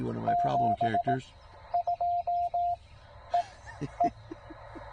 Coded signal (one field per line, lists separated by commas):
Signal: Morse code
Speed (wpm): 17 wpm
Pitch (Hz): 690 Hz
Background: speech, music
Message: 72 E E